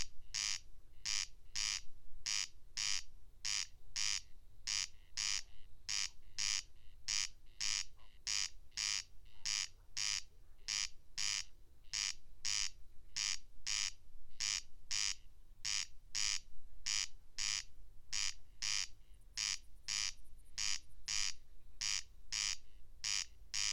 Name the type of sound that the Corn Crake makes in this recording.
song